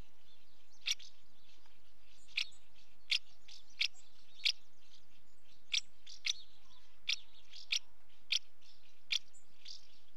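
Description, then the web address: House martin giving crisp repeated chirps at uneven intervals, with faint softer notes between, otherwise quiet. Female calling at the nest. "BBC Sound Effects Library. House Martin"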